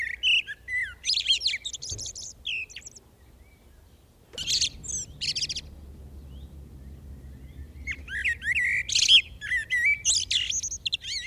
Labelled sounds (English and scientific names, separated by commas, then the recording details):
Common Blackbird (Turdus merula) song
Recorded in the wild
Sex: male
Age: adult
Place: Bielefeld-Mitte, Nordrhein-Westfalen, DE
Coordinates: 52.0078, 8.54778
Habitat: residential district
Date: 1969-05-01
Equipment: Uher 4000 Report-S, Bändchenmikro Beyer M 260, Parabolspiegel Polyester (470 mm)
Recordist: Conrads, Klaus